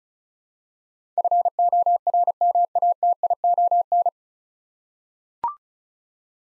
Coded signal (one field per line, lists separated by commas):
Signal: Morse code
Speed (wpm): 36 wpm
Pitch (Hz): 700 Hz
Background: none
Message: FORMATION